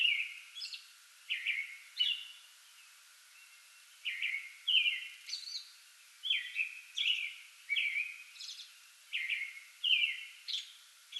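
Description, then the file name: American robin song: short clear caroling phrases with brief pauses, plus thin high squeaky notes. Pre-dawn song bout, 8 May 2022. "2022-05-08 American Robin pre-dawn song bout"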